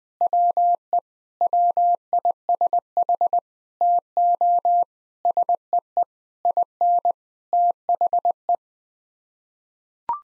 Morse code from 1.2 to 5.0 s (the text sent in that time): WISH TO